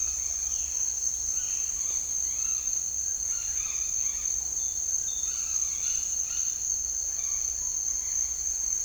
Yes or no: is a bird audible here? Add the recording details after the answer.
yes. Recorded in dense forest near Puerto Asís, Putumayo, Colombia, on 21 March 2025 at 07:30. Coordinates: 0.499, -76.324. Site GP03